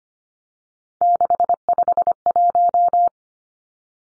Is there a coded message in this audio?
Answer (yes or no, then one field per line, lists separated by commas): yes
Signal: Morse code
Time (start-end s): 1.0-3.1 s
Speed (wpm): 25 wpm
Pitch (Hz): 700 Hz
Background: none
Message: 651